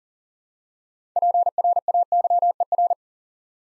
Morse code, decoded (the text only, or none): PRAYER